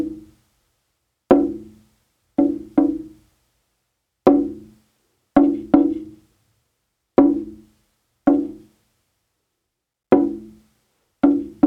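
Slow, unhurried drum hits land one by one, roughly every second or two with uneven gaps, sometimes in quick pairs. Each stroke is a warm, mid-low tone with a sharp attack that rings briefly and fades. Silence fills the spaces between hits.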